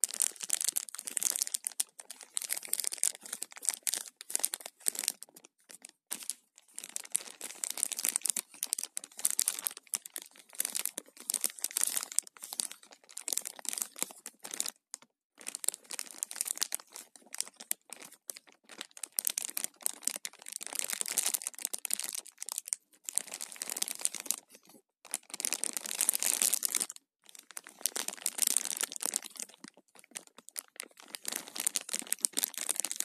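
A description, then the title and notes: A plastic Ziploc bag crinkles and crackles in dense, bright bursts for most of the half minute, broken by brief silent pauses. Ziploc bag sounds.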